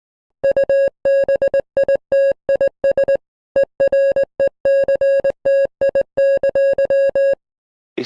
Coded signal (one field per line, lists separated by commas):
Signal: Morse code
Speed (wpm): 20 wpm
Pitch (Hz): 550 Hz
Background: music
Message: UBITIS ERECTI!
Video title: Beyond The Index: An EAS Scenario